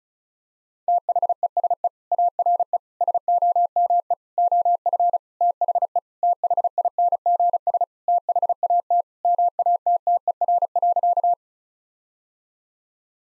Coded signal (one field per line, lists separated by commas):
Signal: Morse code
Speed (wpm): 34 wpm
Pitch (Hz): 700 Hz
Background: none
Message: THESE ARE SOME OF THE THINGS THAT MATTER.